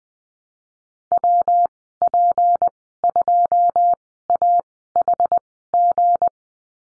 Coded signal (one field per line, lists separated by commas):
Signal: Morse code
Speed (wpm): 20 wpm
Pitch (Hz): 700 Hz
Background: none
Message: W P 2 A H G